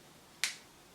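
A wand cap is pushed onto a plastic mascara tube until its built-in clicker engages, which keeps the wand secure in the packaging. A single sharp, bright click lands at 0.4 s and decays quickly into near silence. The cap clicks shut and is seated.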